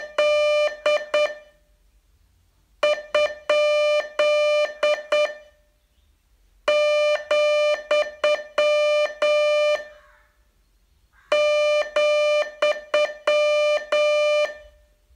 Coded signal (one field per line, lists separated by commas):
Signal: Morse code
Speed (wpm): 11 wpm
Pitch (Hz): 600 Hz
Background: music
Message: D ? , ,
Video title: Learn Morse in 42 Days from VU2LAU - day 38